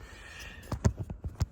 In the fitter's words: and it locks in there,